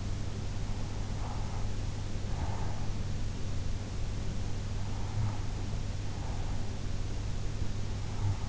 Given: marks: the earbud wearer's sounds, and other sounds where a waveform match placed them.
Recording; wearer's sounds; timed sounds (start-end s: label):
sounds in sleep by an in-ear microphone; breath
1.29-3.06 s: breath